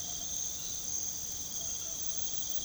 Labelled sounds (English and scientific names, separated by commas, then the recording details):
none
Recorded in pastures near Puerto Asís, Putumayo, Colombia, on 8 March 2025 at 00:30
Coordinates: 0.486, -76.323
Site G075